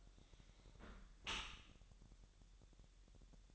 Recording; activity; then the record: daily activity, microphone in the room; close dishwasher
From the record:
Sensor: 3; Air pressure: 1000.5 hPa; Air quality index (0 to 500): 248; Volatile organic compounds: 171 ppm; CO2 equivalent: 4111 ppm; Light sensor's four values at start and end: 11/25/10/10 and 11/25/10/10